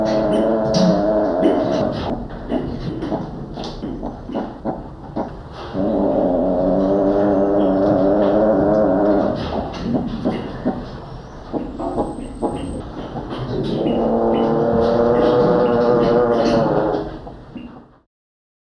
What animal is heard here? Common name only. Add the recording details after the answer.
Northern Greater Galago. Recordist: Tembrock, Günter. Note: Langlaute und Lautfolgen